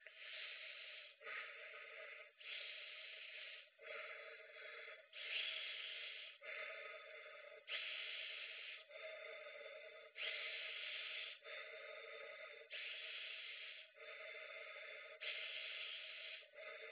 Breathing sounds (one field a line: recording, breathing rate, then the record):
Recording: paced breathing near a phone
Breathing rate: 24 breaths a minute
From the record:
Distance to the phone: 20 cm